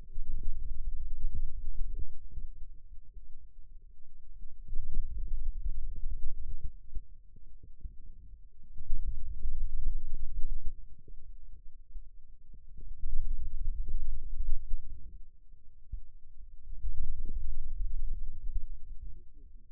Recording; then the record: forearm muscle sounds (acoustic myography)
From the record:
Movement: finger pinch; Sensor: system 2, bracelet of six BSWA MPA416 microphones around the upper forearm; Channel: 2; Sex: male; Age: 22 years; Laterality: right